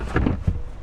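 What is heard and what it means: A trifold cargo floor panel in a 2019/2020 Hyundai Santa Fe is unfolded and set into the trunk floor with one hand. It lands with a sharp hit at 0.2 s, followed by a couple of duller low thumps. The panel is seated in place.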